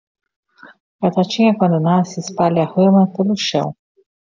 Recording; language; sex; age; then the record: short text; Brazilian Portuguese; female; 40 to 49 years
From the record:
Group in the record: control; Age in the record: 48 years